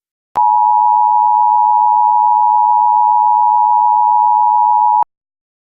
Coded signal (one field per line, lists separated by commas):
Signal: Emergency Alert System (SAME) tones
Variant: 853 and 960 Hz attention tone